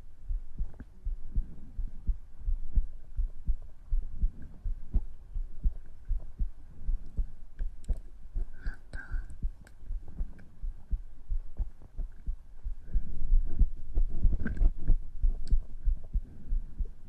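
A normal adult heartbeat and breathing, heard through a close microphone.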